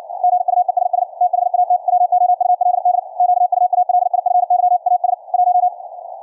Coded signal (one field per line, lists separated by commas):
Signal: Morse code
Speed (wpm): 60 wpm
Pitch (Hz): 720 Hz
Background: radio noise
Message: GUESS THAT WOULD QUALIFY AS 1